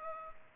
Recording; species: mosquito wingbeat signal from an infrared sensor; Culex pipiens